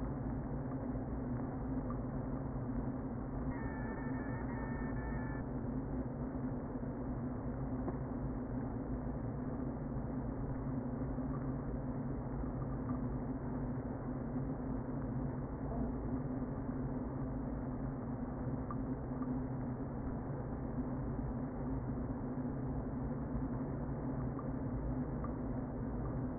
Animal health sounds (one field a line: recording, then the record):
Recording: honeybee colony, microphone inside the hive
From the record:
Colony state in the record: queen present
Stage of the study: before two queens were removed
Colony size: about 60,000 bees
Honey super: yes